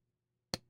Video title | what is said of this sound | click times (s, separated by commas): Review/impressions of my Yan Knives & Matthew Christensen hollow ground Magnacut Chevron knife | When you close it, you have a nice clickety-click | 0.5 s